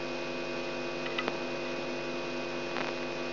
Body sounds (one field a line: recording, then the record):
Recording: brain microelectrode recording played as sound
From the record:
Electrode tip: outside the subthalamic nucleus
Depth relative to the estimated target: 1.3 mm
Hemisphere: right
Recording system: AlphaMap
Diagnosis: Parkinson's disease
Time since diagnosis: 17 years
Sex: female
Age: 63 years